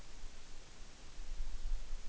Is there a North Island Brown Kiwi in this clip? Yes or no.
no